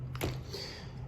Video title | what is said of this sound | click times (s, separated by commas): Sapphire IV Training | You simply push it in and down, and then it'll lock into place in the open position, and you can prime your infusion. | 0.2 s